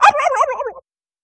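Turkey giving one short, rapidly trembling gobble that warbles downward and fades within a second, with no other sounds.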